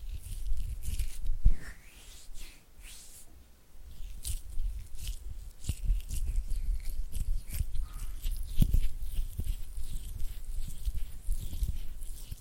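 Oily hands and fluttering fingers make a busy run of wet, smacking and crackling sounds, dense and irregular, with a low rumble underneath. Sharp snaps stand out near the start and again around the two-thirds mark, and a brief lull falls just before the middle.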